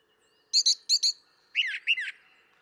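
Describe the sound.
Brown thrasher song: two doubled high chirping phrases followed by two lower slurred phrases.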